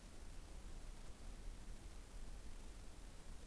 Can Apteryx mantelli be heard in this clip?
no